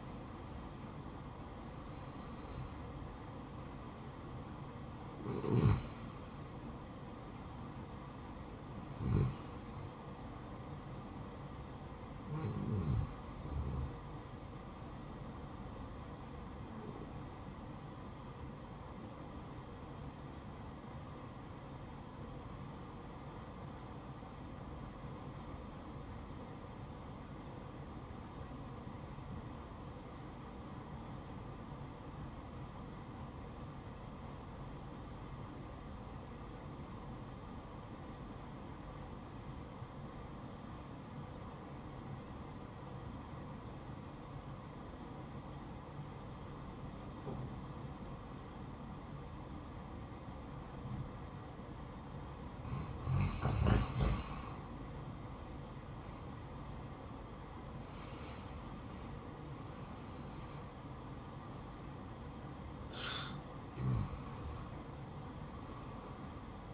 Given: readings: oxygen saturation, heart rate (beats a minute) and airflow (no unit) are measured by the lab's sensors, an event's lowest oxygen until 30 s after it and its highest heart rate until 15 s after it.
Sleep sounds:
breathing in sleep by a smartphone at the bedside; 1
21.00-54.40 s: obstructive apnea (N1, oxygen 97% highest, then 85% lowest, heart rate 67 at the start, 75 highest)
From the record:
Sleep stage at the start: N1 (lightest sleep); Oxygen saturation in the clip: 85 to 97%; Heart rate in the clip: 61 to 76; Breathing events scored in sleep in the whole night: 573 in 9.8 hours asleep

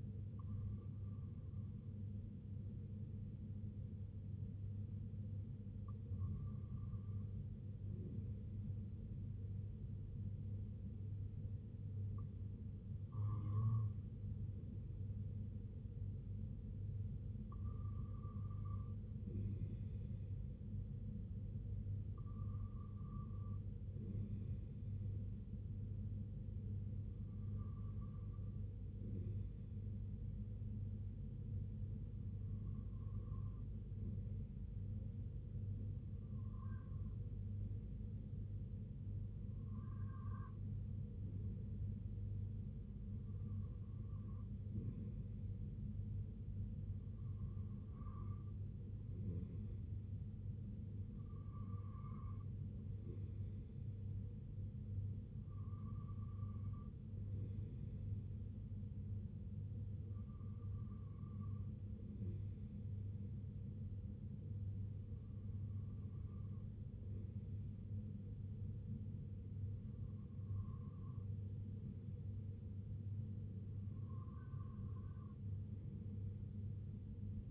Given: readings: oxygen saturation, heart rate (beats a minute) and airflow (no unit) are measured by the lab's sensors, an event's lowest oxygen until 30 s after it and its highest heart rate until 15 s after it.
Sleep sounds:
breathing in sleep by a smartphone at the bedside; none
none scored
From the record:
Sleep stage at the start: REM sleep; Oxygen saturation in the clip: 93 to 96%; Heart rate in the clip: 62 to 70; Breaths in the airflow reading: 17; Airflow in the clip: -5.1 to 3.1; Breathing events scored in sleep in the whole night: 258 in 7.4 hours asleep

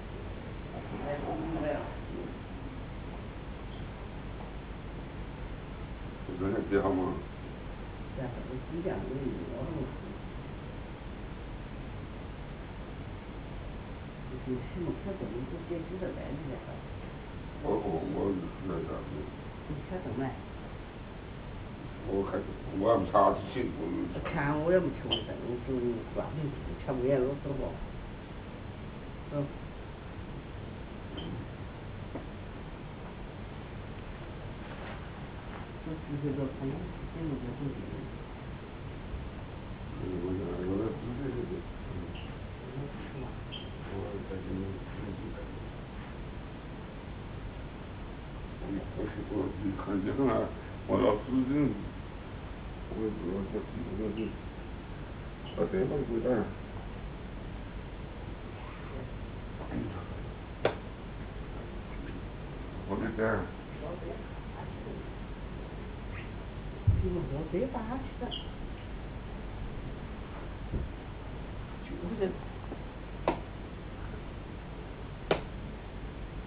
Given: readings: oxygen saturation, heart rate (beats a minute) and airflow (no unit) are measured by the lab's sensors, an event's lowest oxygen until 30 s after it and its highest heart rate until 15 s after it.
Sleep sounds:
a person awake in a sleep study, by a voice recorder at the bedside; none
0.00-76.47 s: awake
From the record:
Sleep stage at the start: awake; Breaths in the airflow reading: 22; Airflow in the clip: -0.8 to 0.7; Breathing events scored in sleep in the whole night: 449 in 7.0 hours asleep

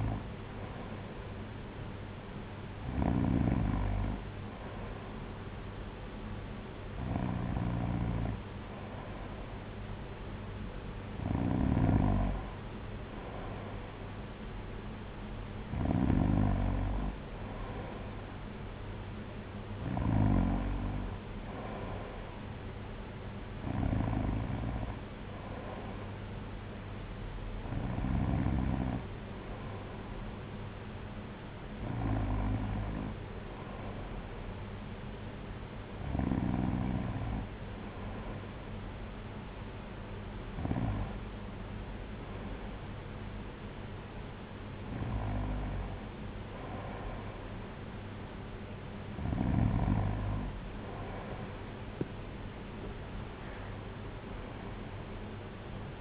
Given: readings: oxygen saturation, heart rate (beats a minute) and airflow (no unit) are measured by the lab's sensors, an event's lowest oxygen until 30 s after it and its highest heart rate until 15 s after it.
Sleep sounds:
breathing in sleep by a voice recorder at the bedside; none
none scored
From the record:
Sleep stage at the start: N2 (light sleep); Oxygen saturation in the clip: 94%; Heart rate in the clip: 55 to 66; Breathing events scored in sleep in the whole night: 226 in 8.8 hours asleep

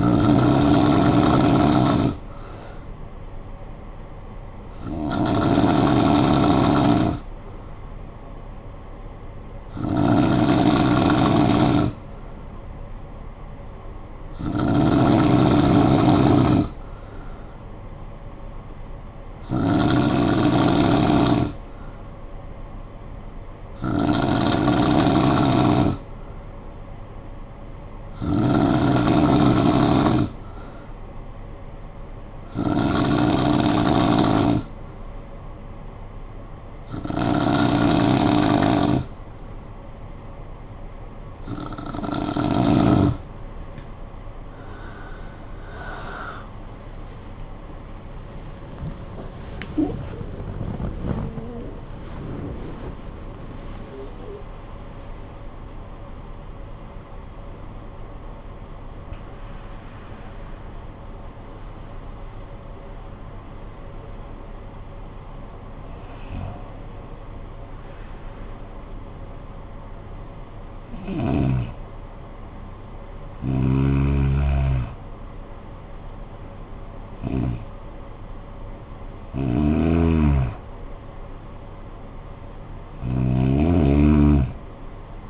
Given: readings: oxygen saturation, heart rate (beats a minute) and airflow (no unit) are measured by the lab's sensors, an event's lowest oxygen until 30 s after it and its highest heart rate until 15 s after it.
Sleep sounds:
breathing in sleep by a smartphone at the bedside; none
40.00-70.00 s: new sleep stage, N1 (lightest sleep)
70.00-85.30 s: new sleep stage, N2 (light sleep)
From the record:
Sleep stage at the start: N2 (light sleep); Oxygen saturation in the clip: 92 to 97%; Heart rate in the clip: 48 to 99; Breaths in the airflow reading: 20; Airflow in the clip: -14.6 to 19.9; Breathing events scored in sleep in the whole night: 445 in 7.6 hours asleep

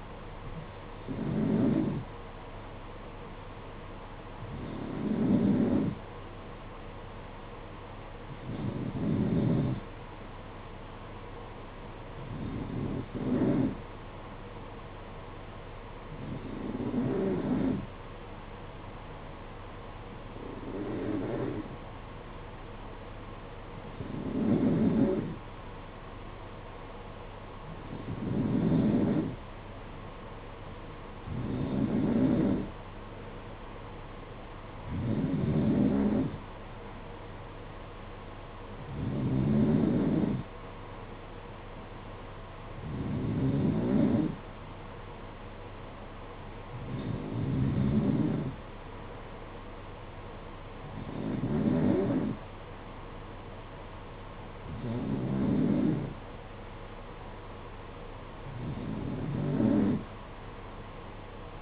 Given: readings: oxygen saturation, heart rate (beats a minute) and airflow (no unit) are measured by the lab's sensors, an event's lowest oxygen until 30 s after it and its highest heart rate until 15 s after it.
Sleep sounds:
breathing in sleep by a voice recorder at the bedside; none
none scored
From the record:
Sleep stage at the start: N2 (light sleep); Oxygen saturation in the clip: 90 to 92%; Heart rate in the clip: 55 to 60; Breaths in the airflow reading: 16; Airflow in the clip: -6.6 to 4.5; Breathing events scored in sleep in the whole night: 476 in 9.7 hours asleep

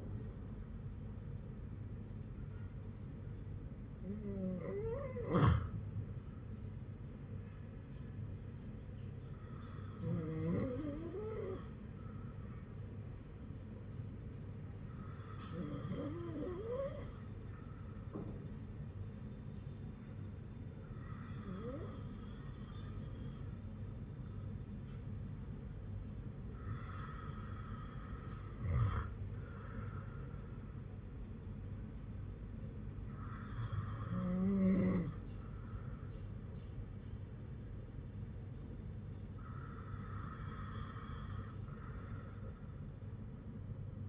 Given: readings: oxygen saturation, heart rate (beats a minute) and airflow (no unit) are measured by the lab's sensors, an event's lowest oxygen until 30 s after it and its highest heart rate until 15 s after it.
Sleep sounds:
breathing in sleep by a smartphone at the bedside; 1
9.00-26.10 s: hypopnea (N2, oxygen 98% highest, then 95% lowest, heart rate 58 at the start, 64 highest)
From the record:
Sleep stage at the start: N2 (light sleep); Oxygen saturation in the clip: 95 to 98%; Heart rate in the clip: 53 to 64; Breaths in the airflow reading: 8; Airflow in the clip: -10.4 to 8.8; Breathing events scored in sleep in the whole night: 182 in 7.4 hours asleep

